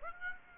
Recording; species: mosquito wingbeat signal from an infrared sensor; Aedes aegypti